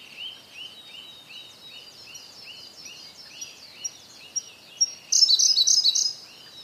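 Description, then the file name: Siberian blue robin phrase: thin high notes quickening before a loud, fast high trill, over another bird's steady series of lower, repeated arched notes. "koruri"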